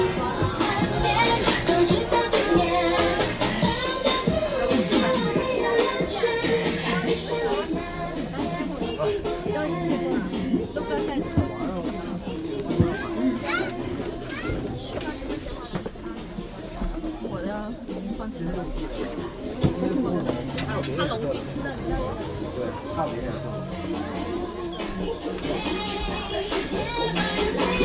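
Crowd sounds from Nanluoguxiang, a dense, continuous mix of many voices talking at once with no single speaker standing out. The level stays fairly even throughout, with small bumps around 13 and 20 seconds, and faint brighter sounds, possibly children's voices, threaded through the chatter.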